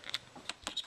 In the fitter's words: pops right in there.